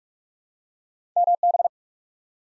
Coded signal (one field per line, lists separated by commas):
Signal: Morse code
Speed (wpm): 44 wpm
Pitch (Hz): 700 Hz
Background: none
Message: MB